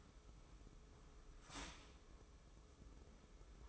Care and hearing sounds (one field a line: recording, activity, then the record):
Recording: daily activity, microphone in the room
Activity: start toaster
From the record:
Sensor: 1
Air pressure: 995.3 hPa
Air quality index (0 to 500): 25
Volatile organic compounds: 1 ppm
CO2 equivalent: 506 ppm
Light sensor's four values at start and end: 17/58/21/23 and 17/58/21/23